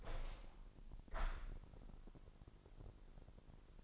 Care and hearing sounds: daily activity, microphone in the room; open window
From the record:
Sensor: 5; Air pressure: 1000.0 hPa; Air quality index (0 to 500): 249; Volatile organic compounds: 35 ppm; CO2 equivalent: 3061 ppm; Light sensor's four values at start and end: 34/79/32/30 and 34/80/32/30

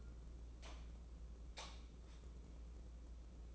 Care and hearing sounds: daily activity, microphone in the room; light on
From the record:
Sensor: 1

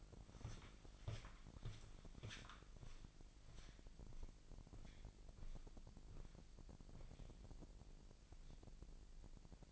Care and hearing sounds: daily activity, microphone in the room; walk to room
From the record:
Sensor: 5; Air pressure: 1002.1 hPa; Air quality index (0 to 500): 249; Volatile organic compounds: 7 ppm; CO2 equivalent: 2008 ppm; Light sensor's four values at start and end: 34/78/32/34 and 34/80/32/34

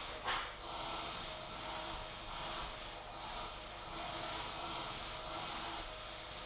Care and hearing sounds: daily activity, microphone in the room; vacuum cleaning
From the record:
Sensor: 5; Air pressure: 991.2 hPa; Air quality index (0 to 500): 122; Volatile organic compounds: 47 ppm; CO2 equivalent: 3247 ppm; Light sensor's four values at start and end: 35/114/43/46 and 35/114/43/46

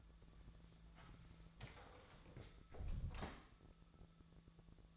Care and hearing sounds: daily activity, microphone in the room; close door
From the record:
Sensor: 3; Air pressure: 1000.5 hPa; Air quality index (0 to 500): 181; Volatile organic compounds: 4 ppm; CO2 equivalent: 1574 ppm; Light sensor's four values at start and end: 12/29/12/13 and 12/29/12/13

